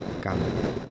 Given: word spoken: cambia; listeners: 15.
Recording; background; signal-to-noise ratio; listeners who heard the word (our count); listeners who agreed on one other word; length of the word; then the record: one Spanish word in noise, from a listening test; noise modulated by three-talker babble; -3.5 dB; 0 of 15; 8 of 15; 0.50 s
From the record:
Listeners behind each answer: 8, 3, 3, 1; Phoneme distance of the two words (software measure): 14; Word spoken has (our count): 2 syllables, 6 phonemes, stress on syllable 1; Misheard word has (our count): 2 syllables, 4 phonemes, stress on syllable 1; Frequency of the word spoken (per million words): 27.08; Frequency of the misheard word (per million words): 100.47